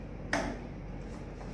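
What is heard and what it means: The brake lever on a wheelchair wheel is pushed into its lock before a patient is moved from the bed to the chair. A single sharp metal or plastic snap sounds at 0.3 s over a quiet background, and the wheel brake is locked.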